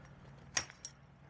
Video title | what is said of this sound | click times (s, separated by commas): Two Room Changing / Shower Tent and Folding Camp Toilet - 10 out of 10, Outstanding Find on Amazon! | Snaps in place. Nice. | 0.6 s